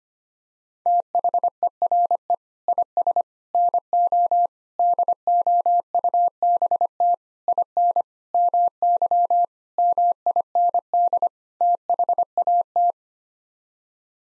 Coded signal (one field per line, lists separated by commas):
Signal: Morse code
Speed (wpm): 25 wpm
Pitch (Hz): 700 Hz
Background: none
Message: THERE IS NO DOUBT IN MY MIND THAT